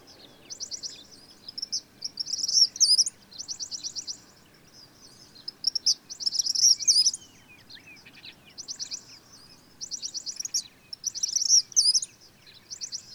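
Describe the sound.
Bird song in high, rapid trilled bursts repeated every few seconds, over a steady low background hiss.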